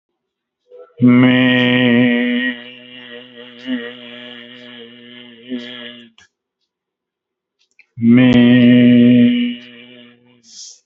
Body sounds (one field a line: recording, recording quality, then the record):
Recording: sustained vowel as in made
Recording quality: moderate, slight background noise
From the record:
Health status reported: COVID-19 positive, mild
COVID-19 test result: positive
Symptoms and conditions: cough, breathing difficulty, sore throat, fever, loss of smell and taste, pneumonia, diabetes, ischaemic heart disease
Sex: male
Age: 62 years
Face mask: not worn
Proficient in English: yes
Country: India